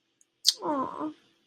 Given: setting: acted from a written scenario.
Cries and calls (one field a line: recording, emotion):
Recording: vocal sound without words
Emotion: sympathy